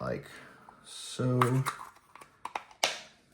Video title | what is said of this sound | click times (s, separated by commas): Exploded Figure Review: Orvar from Cosmic Legions Oxkrewe Book 1 | And that really does create a little bit of a snap there | 2.8 s